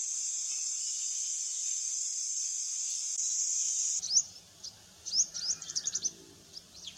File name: Canto da felosa agricola